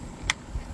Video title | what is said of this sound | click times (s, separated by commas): DOOMSDAY SURVIVAL OKC RTAK II KNIFE | Listen to the click. | 0.3 s